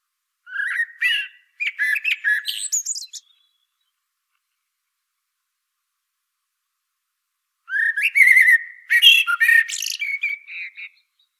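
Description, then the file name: Common blackbird singing two separate phrases several seconds apart. Each starts with low, rich warbling and breaks into scratchy, high-pitched twittering. "Turdus merula"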